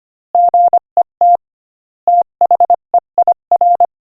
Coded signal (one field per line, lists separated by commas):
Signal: Morse code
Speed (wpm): 24 wpm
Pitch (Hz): 700 Hz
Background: none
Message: GET THEIR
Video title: Morse Code Practice: 25 wpm Joke #21